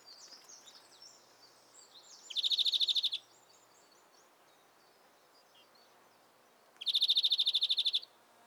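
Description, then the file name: European greenfinch gives two rapid, buzzy rattling trills, with faint high twittering notes before the first. "Chloris chloris"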